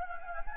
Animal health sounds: mosquito wingbeat signal from an infrared sensor; Anopheles gambiae

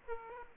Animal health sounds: mosquito wingbeat signal from an infrared sensor; Aedes aegypti

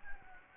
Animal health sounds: mosquito wingbeat signal from an infrared sensor; Anopheles gambiae

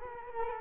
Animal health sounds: mosquito wingbeat signal from an infrared sensor; Culex quinquefasciatus

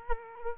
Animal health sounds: mosquito wingbeat signal from an infrared sensor; Culex quinquefasciatus

